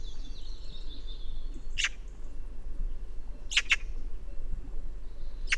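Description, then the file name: Eurasian magpie making a few harsh, grating notes, a single one then a quick pair and another at the end, with thin high whistles from other birds and steady low rumble. "Pica pica"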